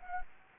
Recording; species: mosquito wingbeat signal from an infrared sensor; Anopheles gambiae